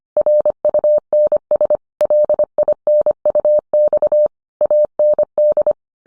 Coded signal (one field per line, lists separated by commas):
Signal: Morse code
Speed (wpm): 25 wpm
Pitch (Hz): 600 Hz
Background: none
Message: RUNS LINUX AND